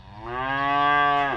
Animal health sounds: contact call of a hoofed animal; cattle; low-frequency (closed-mouth) or high-frequency (open-mouth) call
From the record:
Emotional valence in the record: negative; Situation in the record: full separation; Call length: 1.36 s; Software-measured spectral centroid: 1580 Hz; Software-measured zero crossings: 2140 a second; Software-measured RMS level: -23 dBFS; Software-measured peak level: -11 dBFS

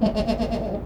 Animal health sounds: contact call of a hoofed animal; goat; low-frequency (closed-mouth) or high-frequency (open-mouth) call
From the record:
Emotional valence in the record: positive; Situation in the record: food anticipation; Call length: 0.85 s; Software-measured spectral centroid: 1640 Hz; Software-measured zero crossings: 960 a second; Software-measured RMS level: -24 dBFS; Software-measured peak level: -9 dBFS

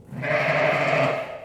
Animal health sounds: contact call of a hoofed animal; sheep; low-frequency (closed-mouth) or high-frequency (open-mouth) call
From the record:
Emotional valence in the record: negative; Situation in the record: short social isolation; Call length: 1.45 s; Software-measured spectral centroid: 1790 Hz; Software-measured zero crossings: 2180 a second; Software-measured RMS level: -23 dBFS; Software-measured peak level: -10 dBFS

